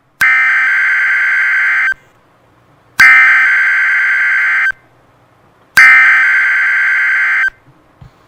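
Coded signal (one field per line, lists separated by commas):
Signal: Emergency Alert System (SAME) tones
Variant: header bursts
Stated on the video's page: Fake EAS terrorism alert, not a real one.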